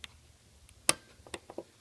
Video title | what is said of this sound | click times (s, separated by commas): How To Rekey Kwikset Smartkey | that was the click | 0.9 s